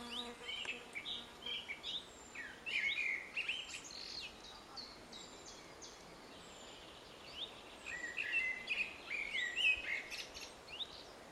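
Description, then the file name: Common blackbird song: two bursts of low fluted, warbling phrases with a squeaky twitter, amid a busy chorus of higher chirping birds. "Turdus merula"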